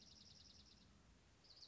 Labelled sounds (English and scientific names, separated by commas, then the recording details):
Dark-eyed Junco (Junco hyemalis)
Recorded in Sonoma County, California